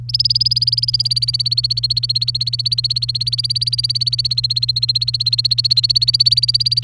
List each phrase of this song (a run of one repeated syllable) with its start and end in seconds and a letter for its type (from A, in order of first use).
0.09-6.83 A